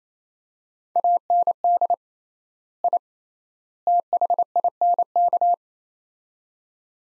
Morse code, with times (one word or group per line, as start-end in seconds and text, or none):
1.0-1.9 AND
2.8-3.0 I
3.9-5.5 THINK